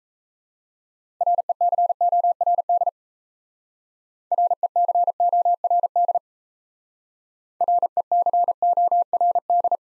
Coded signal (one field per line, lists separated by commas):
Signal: Morse code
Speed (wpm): 36 wpm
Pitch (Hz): 700 Hz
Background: none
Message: RECORD RECORD RECORD